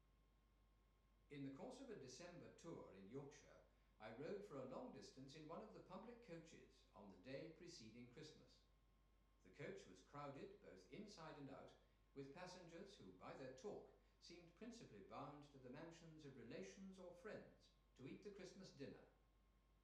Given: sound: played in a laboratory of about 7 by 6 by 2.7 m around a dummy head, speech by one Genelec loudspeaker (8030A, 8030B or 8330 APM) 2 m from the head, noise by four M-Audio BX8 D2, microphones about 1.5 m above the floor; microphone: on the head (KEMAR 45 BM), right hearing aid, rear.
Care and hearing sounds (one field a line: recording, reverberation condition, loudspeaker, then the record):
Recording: male speech in English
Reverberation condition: medium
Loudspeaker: in front (0 degrees)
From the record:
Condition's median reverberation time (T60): about 510 ms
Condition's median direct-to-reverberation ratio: about -0.5 dB